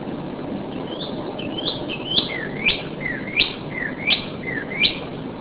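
Northern cardinal song: a run of about five loud, clear whistles, each sliding steeply downward, repeated roughly every 0.7 seconds over a steady background hiss.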